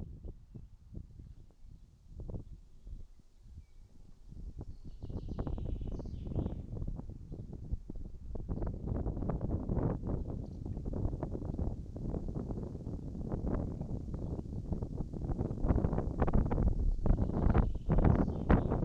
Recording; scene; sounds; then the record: everyday scene through a hearing-aid microphone; wind on the microphone; wind, birds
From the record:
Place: in front of a rural house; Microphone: in the ear canal, right